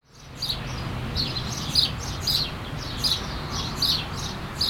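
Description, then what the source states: Short, piercing bird chirps repeat several times above a steady rushing roar. At the coast.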